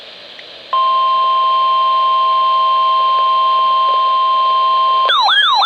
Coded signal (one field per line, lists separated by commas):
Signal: Emergency Alert System (SAME) tones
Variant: 1050 Hz attention tone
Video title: Severe Thunderstorm Warning (EAS #1,835 - 1,836) - 8/18/18